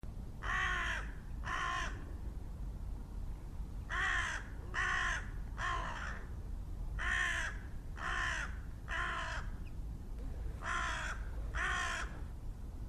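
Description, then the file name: Carrion crow cawing, harsh hoarse caws in bursts of two or three, each group spaced about three seconds apart, over a steady low rumble. "Corvus corone"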